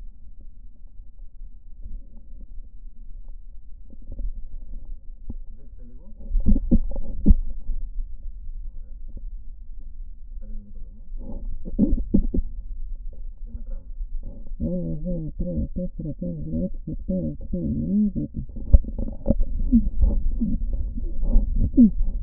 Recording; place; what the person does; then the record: lung sounds by stethoscope; right posterior basal chest; quiet breathing, then cough and speech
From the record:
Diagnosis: interstitial lung disease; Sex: female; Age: 70 years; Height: 160 cm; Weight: 93 kg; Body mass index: 36.3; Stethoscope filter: diaphragm mode